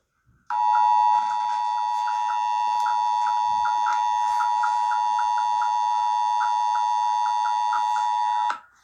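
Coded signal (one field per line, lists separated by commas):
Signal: Emergency Alert System (SAME) tones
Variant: 853 and 960 Hz attention tone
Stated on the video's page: Fictional simulated EAS scenario, not a real alert.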